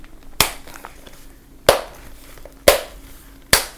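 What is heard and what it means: A plastic visor, or brim, is pulled with some force out of its four mounting holes in the shell of a Jarsh Commute smart e-bike helmet with LED turn signals, headlight and taillight. Four loud, sharp pops ring out at 0.4, 1.7, 2.7 and 3.5 seconds, with a couple of faint ticks in between. The visor comes free of the helmet.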